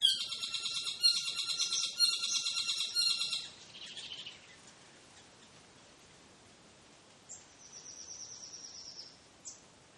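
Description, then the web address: Bird calls, a fast run of bright, high chirping notes repeated for about three and a half seconds, then quieter scattered notes and two thin high whistled trills later, over faint background hiss. New Zealand bird. "Partners In Rhyme New Zealand Bird"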